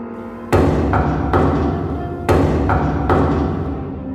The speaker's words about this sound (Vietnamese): Nhưng bầu không khí tĩnh lặng ấy chỉ kéo dài chưa đến 3 giây, tiếng gõ cửa lại vang lên lần nữa.